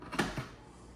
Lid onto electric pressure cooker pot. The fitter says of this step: Ayan. I-lock natin. Ayan, naka-lock na siya.